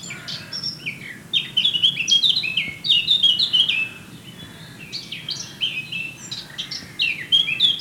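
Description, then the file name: Eurasian blackcap song: quick warbled twittering building into a loud, busy run, a brief softer pause, then another burst of high varied chatter. "Sylvia atricapilla"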